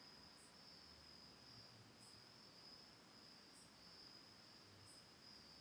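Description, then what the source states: Cricket trilling continuously and shrilly, with four crisp higher chirps spaced throughout. Autumn night at a lakeside home on Cayuga Lake in Ithaca, New York, recorded October 10, 2020.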